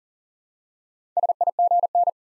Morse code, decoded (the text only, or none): SIGN